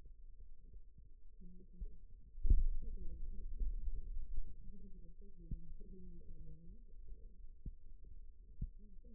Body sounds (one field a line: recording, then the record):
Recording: forearm muscle sounds (acoustic myography)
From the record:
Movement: finger pinch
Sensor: system 2, bracelet of six BSWA MPA416 microphones around the upper forearm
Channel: 4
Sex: male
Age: 22 years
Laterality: right